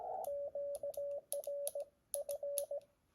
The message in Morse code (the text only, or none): QR F